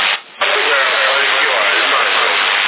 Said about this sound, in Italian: No negativo, questo è negativo, questa è una camera eco, una camera eco, una camera eco, non c'entra niente l'apparato, non c'entra niente l'apparato, è a parte, è a parte, è a parte.